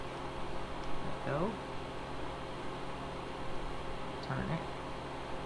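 A drill bit is being turned into the chuck of a small handheld Worx MakerX rotary craft tool after its lock button is pushed, while someone talks over a steady low hum. Nothing has seated or clicked yet; the bit is still being handled.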